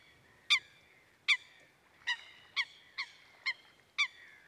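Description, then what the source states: Eurasian coot giving sharp, explosive single calls, each a bright honking note, repeated at uneven intervals of about half a second to a second, seven in all. Recorded at a bird lake in Parikkala, Finland.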